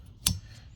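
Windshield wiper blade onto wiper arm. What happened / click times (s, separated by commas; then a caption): The wiper blade clip snapped locked onto the arm / 0.3 s. A passenger-side windshield wiper blade on a 2023-2026 Toyota Prius is pushed onto the wiper arm and its plastic clip is locked. A single sharp, bright click rings out at 0.3 s over a low background hum. The blade is seated and locked onto the arm.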